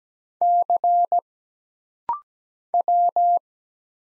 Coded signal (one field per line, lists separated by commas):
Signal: Morse code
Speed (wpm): 17 wpm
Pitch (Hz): 700 Hz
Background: none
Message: C W